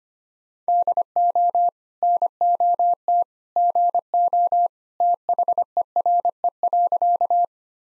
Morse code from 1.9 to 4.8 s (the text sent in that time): NOT GO